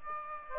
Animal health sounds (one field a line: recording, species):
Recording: mosquito wingbeat signal from an infrared sensor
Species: Aedes aegypti